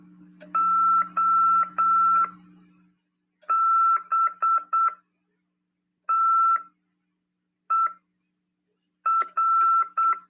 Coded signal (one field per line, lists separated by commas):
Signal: Morse code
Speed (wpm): 8 wpm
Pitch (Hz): 1340 Hz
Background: none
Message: OBTER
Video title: RADIOAMADOR "AULA 47 CW" 27/8/2022 "SETEMBRO CURSOS: CW, COM. RODADA e LEGISL." PY2EXU PAULO SP/SP.